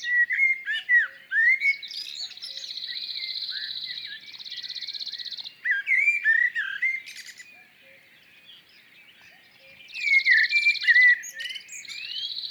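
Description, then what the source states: Common blackbird song in fluted, mellow phrases with pauses between them, alternating with buzzy, vibrating trills from other small birds. Fluted song early morning, 6:10, 1 June 2019, Plateau de Lesches-en-Diois; blackthorn and hawthorn hedge; stereo MixPre3 with MKH40; two cirl buntings with vibrato song behind.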